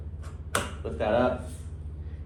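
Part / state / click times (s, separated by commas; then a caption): plastic access flap clipped into the front of an electric dirt bike / released / 0.6 s. A clipped-in plastic access flap on the front of an electric dirt bike is lifted by hand from behind and pops open with a sharp snap at 0.6 s, uncovering a 100%/50% switch. Someone talks over a steady low hum.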